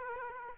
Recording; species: mosquito wingbeat signal from an infrared sensor; Aedes aegypti